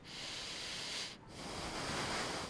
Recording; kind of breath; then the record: one breath in and out by a microphone near the nose and mouth; deep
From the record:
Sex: male